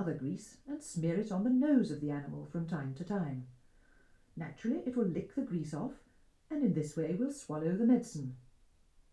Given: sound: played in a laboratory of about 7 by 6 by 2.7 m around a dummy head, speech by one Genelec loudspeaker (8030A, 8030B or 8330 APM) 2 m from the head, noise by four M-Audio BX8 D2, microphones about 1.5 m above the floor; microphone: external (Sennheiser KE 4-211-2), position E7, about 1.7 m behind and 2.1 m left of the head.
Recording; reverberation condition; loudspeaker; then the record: female speech in English; low; 150 degrees to the left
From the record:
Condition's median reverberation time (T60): about 310 ms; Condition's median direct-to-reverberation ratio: about 3.5 dB